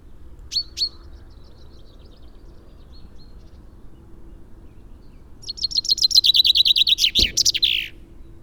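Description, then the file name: Common chaffinch singing a fast trill of bright notes that falls slightly toward a flourish at the end, after two short sharp call notes; a brief click near the finish. "Fringilla coelebs"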